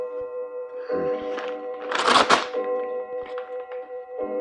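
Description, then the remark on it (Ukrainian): A paper package is torn open: short crinkly rustles, then one louder ripping burst, then a few softer crackles, all over a steady low humming tone with no talking. “Ну, зараз адкрый гэты пакет.”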